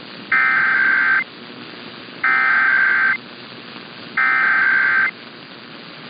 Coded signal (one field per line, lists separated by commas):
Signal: Emergency Alert System (SAME) tones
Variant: header bursts